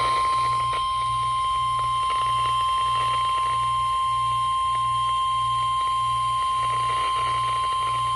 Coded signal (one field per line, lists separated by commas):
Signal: Emergency Alert System (SAME) tones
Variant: 1050 Hz attention tone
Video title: A Little Extra Rainfall || EAS Alerts from 7/15/23 || EAS 780-791